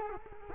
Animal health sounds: mosquito wingbeat signal from an infrared sensor; Culex quinquefasciatus

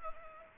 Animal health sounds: mosquito wingbeat signal from an infrared sensor; Culex pipiens

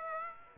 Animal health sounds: mosquito wingbeat signal from an infrared sensor; Aedes aegypti

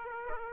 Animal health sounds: mosquito wingbeat signal from an infrared sensor; Aedes aegypti

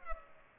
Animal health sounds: mosquito wingbeat signal from an infrared sensor; Culex pipiens

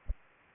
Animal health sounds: mosquito wingbeat signal from an infrared sensor; Aedes aegypti

